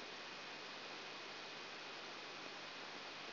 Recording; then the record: brain microelectrode recording played as sound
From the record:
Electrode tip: outside the subthalamic nucleus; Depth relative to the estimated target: -8 mm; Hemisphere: right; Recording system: AlphaMap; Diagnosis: Parkinson's disease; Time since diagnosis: 19 years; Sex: male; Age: 59 years